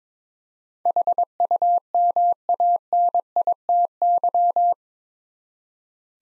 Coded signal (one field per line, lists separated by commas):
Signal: Morse code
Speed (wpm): 22 wpm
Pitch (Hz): 700 Hz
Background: none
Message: HUMANITY